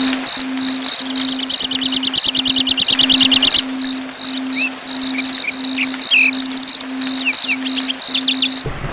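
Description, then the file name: Lark song with an extended fast buzzy rattle, then assorted chirps, whistled slurs and a brief high trill, over a continuous high tone and low hum. Songs of the lark family, for training birds. "keluarga lark kreasi om ct. omkicau"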